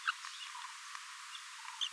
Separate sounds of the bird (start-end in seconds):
0.07-0.11, 1.81-1.88